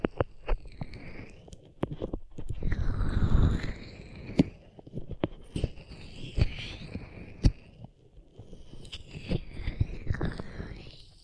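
Hands rub over the ears in dense, uneven scratchy swishes, with sharp soft taps and muffled thumps scattered throughout, swelling loudest around three seconds.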